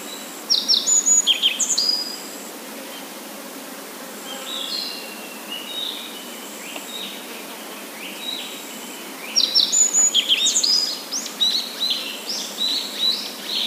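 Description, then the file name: Japanese yellow bunting song: two bright phrases of high, sharp chirps and clear whistled notes, near the start and again near the end, with softer bird song between. "nojiko"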